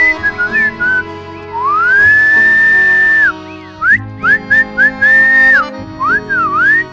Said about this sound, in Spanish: Es invisible. Pero se anuncia con un silbido ensordecedor.